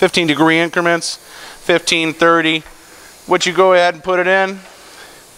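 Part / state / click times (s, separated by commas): miter index pin into the detent of a cold saw head / not seated / none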